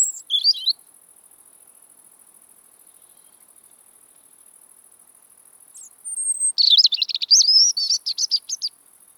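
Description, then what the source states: European robin song: a brief high phrase, a long pause, then a rapid, dense run of thin, high warbled notes, with a steady high whine in the background. Autumn song; the bird starts singing again at this season with the arrival of northern migrants.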